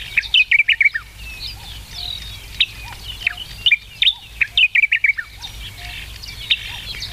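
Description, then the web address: Sakhalin grasshopper warbler song: loud bursts of short, sharp whistled notes, several phrases in a few seconds, with a steady chatter of other birds and a low hum behind. "sikioto birds ezosenyo"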